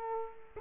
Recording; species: mosquito wingbeat signal from an infrared sensor; Culex quinquefasciatus